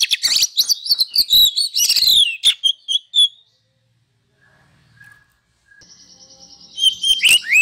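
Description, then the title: Oriental magpie-robin song: busy, loud run of whistled and rasping notes, a near-silent gap, then a buzzy tone and renewed bright whistles. Masteran (training) recording of a kacer, played to provoke other kacer into singing vigorously (gacor); reported as having made a kacer into a champion. "Masteran Kacer Yang Sukses Memancing Kacer Gacor Sampai Jadi Juara"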